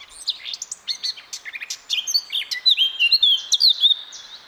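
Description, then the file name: Eurasian blackcap song: rapid scratchy chattering notes leading into a loud, clear, fluting whistled flourish. "Sylvia atricapilla"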